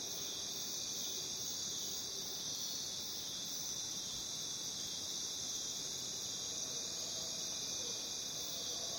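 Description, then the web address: Crickets in a continuous, piercing high trill, even and unbroken, with a faint scatter of tiny ticks above it. Crickets in a jungle. "the-sound-pack-tree -jungle crickets"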